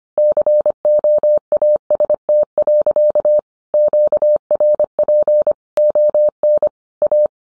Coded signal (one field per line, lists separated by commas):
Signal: Morse code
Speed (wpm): 25 wpm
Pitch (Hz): 600 Hz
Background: none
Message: COAST. QRP ON A